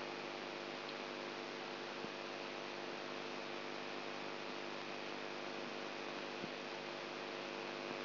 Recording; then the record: brain microelectrode recording played as sound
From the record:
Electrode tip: outside the subthalamic nucleus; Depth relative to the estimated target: 4 mm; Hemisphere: right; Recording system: AlphaMap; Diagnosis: Parkinson's disease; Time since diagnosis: 20 years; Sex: female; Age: 64 years